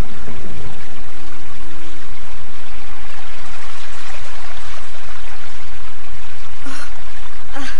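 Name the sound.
flowing river water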